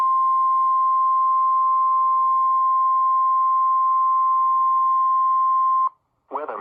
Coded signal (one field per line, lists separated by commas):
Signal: Emergency Alert System (SAME) tones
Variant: 1050 Hz attention tone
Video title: SVA#372 Severe Thunderstorm Watch EAS#237